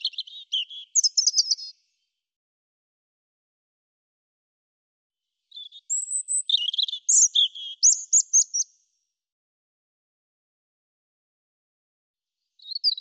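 European robin song: two high, varied warbling phrases of thin whistles and rapid trills, separated by a few seconds of silence, with a third phrase starting at the end.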